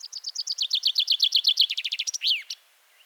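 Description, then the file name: Common chaffinch song: a fast run of repeated high notes falling in pitch, then a rattling series and a sharp closing flourish, all within about two and a half seconds. "Fringilla coelebs"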